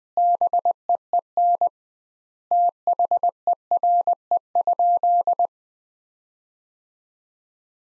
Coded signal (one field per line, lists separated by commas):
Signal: Morse code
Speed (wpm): 21 wpm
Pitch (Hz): 700 Hz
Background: none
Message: BEEN THERE?